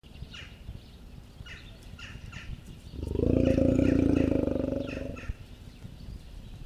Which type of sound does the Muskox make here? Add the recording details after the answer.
call. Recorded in captivity. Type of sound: call. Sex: male. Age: adult. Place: Tierpark Berlin, Berlin, DE. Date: 1968-10-26 12:15. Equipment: Uher 4000 Report-S, Sennheiser MD 421. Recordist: Tembrock, Günter. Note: Langruf vor Fütterung. Abstand: 12 m. Aufnahemezeit: 10.00-13.00 Uhr